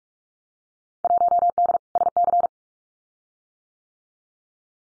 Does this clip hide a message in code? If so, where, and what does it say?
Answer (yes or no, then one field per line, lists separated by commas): yes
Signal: Morse code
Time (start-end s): 1.0-2.5 s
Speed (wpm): 46 wpm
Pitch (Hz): 700 Hz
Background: none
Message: 1D SC